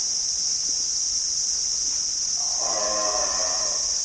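Abbott's booby giving one harsh, harmonic call from past halfway in, lasting over a second, over a constant high-pitched drone.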